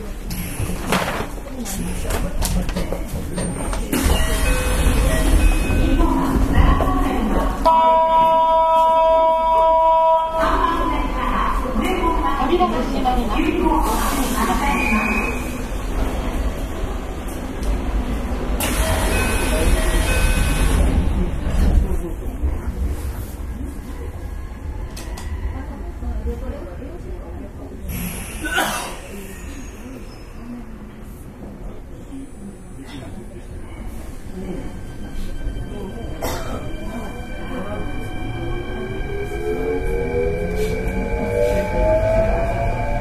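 Recorded aboard an express train on the Osaka Line, with a steady low rumble of the running train throughout and voices talking over it. A short clear chime or announcement tone sounds around eight to ten seconds, and a rising whine builds near the end.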